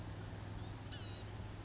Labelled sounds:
Blue-gray Gnatcatcher
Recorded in Sonoma County, California

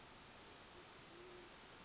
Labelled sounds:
Band-tailed Pigeon
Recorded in Sonoma County, California

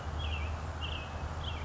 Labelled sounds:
American Robin
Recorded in Sonoma County, California

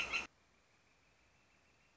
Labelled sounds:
Northern Flicker
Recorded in Sonoma County, California

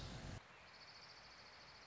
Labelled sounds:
Orange-crowned Warbler
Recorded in Sonoma County, California

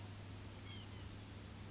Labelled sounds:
White-breasted Nuthatch
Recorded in Sonoma County, California

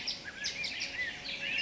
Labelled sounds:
California Quail
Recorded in Sonoma County, California

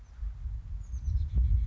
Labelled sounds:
Oak Titmouse
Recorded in Sonoma County, California

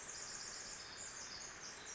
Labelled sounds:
Pacific Wren
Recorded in Sonoma County, California

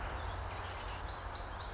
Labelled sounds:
Chestnut-backed Chickadee
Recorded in Sonoma County, California

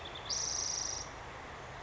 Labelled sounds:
Spotted Towhee
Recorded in Sonoma County, California

